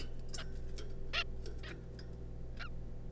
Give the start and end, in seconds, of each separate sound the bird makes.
0.38-0.43, 1.14-1.23, 1.64-1.73, 2.60-2.68